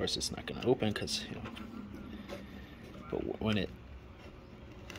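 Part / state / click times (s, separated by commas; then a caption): folding knife blade into its handle lock/detent / seated / 4.9 s. Someone talks while working the blade of a handmade lever-lock folding knife with 1084 steel and resin scales. At 4.9 s the blade snaps into its detent position in the handle with a sharp click, held in place by constant tension.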